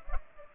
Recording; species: mosquito wingbeat signal from an infrared sensor; Culex pipiens